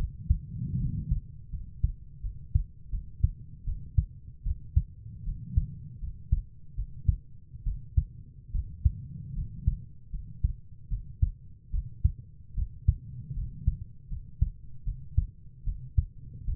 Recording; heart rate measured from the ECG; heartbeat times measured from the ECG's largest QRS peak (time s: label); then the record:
heart sounds by stethoscope; 77 bpm
0.79 s: heartbeat
1.51 s: heartbeat
2.22 s: heartbeat
2.91 s: heartbeat
3.65 s: heartbeat
4.44 s: heartbeat
5.25 s: heartbeat
6.01 s: heartbeat
6.76 s: heartbeat
7.65 s: heartbeat
8.53 s: heartbeat
9.35 s: heartbeat
10.12 s: heartbeat
10.90 s: heartbeat
11.72 s: heartbeat
12.56 s: heartbeat
13.35 s: heartbeat
14.10 s: heartbeat
14.85 s: heartbeat
15.65 s: heartbeat
16.46 s: heartbeat
From the record:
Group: healthy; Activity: rest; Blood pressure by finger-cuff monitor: 115/61 mmHg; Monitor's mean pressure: 76 mmHg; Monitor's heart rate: 78 bpm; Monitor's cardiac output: 7 L/min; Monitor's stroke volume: 92 mL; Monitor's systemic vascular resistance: 800 dyn s/cm5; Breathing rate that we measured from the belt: 15 breaths a minute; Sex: female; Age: 22 years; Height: 160 cm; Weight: 63 kg